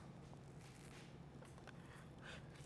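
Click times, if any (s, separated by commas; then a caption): none. A light modifier is placed onto a strobe head and lined up before being locked off, producing soft scrapes and handling sounds with faint brief taps near 0.3, 1.6 and 1.7 seconds over low background noise. Nothing has locked or clicked into place yet.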